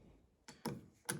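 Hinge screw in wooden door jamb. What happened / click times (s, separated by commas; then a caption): The screw turns freely without tightening / none. A door hinge screw is turned in its stripped hole in a wooden door jamb, giving three short, sharp ticks at about 0.5, 0.7 and 1.1 seconds over a quiet background. The screw spins freely and never tightens, so nothing has seated or clicked into place yet.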